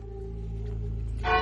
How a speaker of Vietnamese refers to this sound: Đây chính là Lạc Hồn Trung mà Thái Tuế Thần ân giao tặng cho Quỷ Phán Điện Tần Quảng Vương để bảo vệ điện. Các người hãy biệt tay lại, cẩn thận bị tiếng chuông này làm rơi hồn đó.